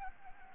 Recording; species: mosquito wingbeat signal from an infrared sensor; Anopheles gambiae